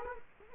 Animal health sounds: mosquito wingbeat signal from an infrared sensor; Culex quinquefasciatus

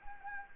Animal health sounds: mosquito wingbeat signal from an infrared sensor; Anopheles gambiae

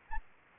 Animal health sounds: mosquito wingbeat signal from an infrared sensor; Anopheles gambiae

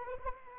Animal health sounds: mosquito wingbeat signal from an infrared sensor; Anopheles arabiensis

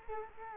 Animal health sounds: mosquito wingbeat signal from an infrared sensor; Culex quinquefasciatus

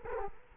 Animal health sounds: mosquito wingbeat signal from an infrared sensor; Culex quinquefasciatus

